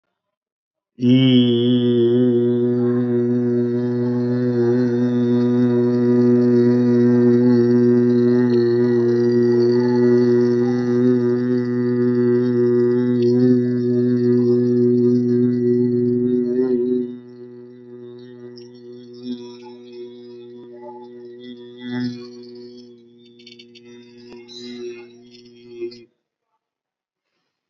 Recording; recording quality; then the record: sustained vowel as in beet; excellent, no background noise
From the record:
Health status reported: respiratory illness, not identified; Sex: male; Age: 30 years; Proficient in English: yes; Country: India